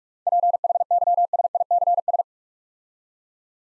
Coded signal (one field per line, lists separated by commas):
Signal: Morse code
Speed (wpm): 44 wpm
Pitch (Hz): 700 Hz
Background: none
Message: PHYSICS